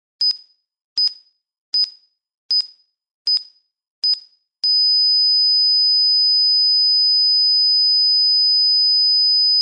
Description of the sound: Heart monitor beep.